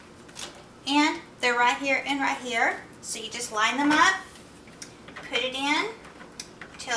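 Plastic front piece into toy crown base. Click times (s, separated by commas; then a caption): 6.4 s, 6.6 s. A plastic front piece is lined up with arrows on a plastic toy crown base and pushed in while someone talks. Sharp clicks at 6.4 s and 6.6 s mark the piece snapping into place, fully seated.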